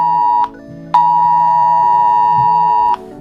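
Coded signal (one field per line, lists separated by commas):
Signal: Emergency Alert System (SAME) tones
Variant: 853 and 960 Hz attention tone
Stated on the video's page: Concept mock alert for Indonesia, not a real alert.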